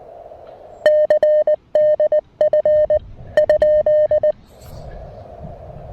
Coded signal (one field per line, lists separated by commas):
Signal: Morse code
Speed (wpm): 20 wpm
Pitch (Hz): 610 Hz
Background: music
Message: CDF ?